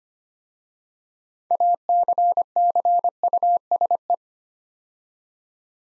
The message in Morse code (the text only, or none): ACCUSE